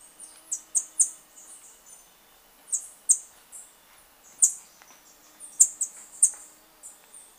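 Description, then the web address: Flame-faced tanager giving a series of high, thin, piercing notes in loose clusters of two or three, with short quiet gaps between them. Ecuador. "Birds of Ecuador Flame-faced Tanager"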